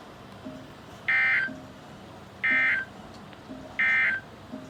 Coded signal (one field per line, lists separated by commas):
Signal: Emergency Alert System (SAME) tones